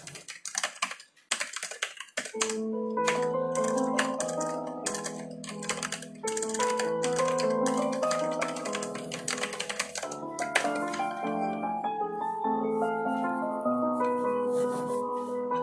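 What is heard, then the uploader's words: Quick keyboard typing clatters in an irregular stream throughout. Around two seconds in, soft piano music enters and continues as gentle, sustained mid-range chords with a few higher notes, while the crisp key taps keep going steadily over it. There's sound of typing on the keyboard and stuff.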